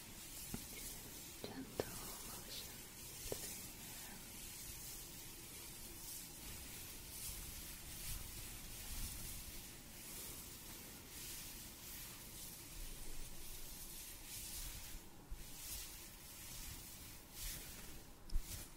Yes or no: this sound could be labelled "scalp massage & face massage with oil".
yes